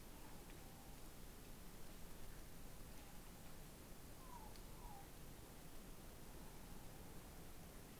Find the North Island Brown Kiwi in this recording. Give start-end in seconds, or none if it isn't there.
none